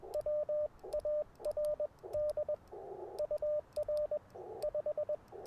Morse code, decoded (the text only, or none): WARD UR 5